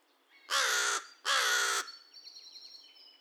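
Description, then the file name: American crow uttering a pair of harsh, drawn-out caws, followed by faint high chirps and whistles from small birds in the background. Recorded 2 May 2020; the recording holds 22 caw-caws and one caw. "2020-05-02 American Crow cawcawsandonecaw"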